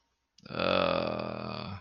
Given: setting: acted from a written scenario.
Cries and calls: vocal sound without words; shame

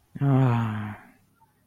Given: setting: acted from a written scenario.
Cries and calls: vocal sound without words; disappointment

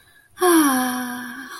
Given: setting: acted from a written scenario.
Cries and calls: vocal sound without words; serenity

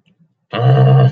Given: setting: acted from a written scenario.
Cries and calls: vocal sound without words; anger

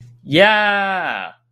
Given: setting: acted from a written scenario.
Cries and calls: vocal sound without words; triumph

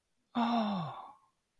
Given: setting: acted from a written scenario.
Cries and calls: vocal sound without words; adoration

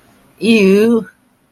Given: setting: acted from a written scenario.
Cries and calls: vocal sound without words; disgust

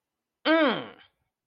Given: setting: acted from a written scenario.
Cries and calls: vocal sound without words; disappointment

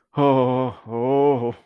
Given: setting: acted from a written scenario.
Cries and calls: vocal sound without words; fear

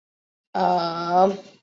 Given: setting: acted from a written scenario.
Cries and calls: vocal sound without words; confusion

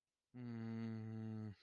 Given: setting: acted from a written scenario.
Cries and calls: vocal sound without words; guilt

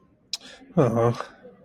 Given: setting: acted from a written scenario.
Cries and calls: vocal sound without words; sympathy

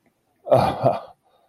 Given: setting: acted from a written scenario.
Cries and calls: vocal sound without words; embarrassment

